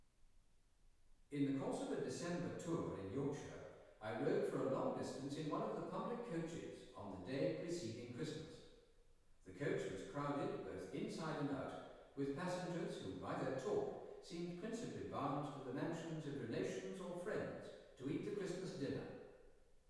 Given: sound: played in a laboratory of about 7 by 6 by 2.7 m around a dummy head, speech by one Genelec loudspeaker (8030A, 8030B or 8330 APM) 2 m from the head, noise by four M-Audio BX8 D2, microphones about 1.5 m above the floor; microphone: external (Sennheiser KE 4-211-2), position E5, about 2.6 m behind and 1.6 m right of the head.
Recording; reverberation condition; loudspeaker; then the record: male speech in English; high; 30 degrees to the right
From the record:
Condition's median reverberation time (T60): about 1300 ms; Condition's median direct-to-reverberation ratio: about -4.0 dB